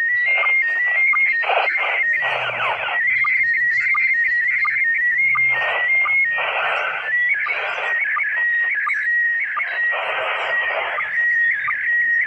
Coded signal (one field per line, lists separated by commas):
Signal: SSTV (slow-scan television)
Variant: PD 90